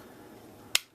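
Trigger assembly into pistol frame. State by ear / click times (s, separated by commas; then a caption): seated / 0.8 s. A Glock pistol's trigger/internal assembly is dropped back into its polymer frame during reassembly. After a low, steady background, a single sharp snap sounds at 0.8 s and quickly fades. The assembly seats in place.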